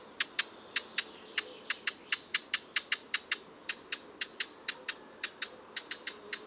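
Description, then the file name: Eurasian blackcap giving hard, dry tac calls, sharp clicks repeated rapidly and somewhat irregularly, several per second, over faint steady background hiss. "Sylvia atricapilla"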